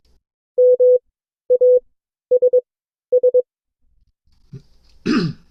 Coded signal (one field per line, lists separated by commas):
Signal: Morse code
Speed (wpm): 22 wpm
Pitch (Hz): 500 Hz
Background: none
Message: MASS